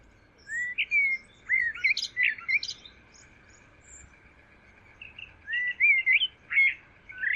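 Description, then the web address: Bird song of swooping whistles and sharp chirps in two bursts over a steady, faint high hum in the background. "Deverinetal. Bird Only"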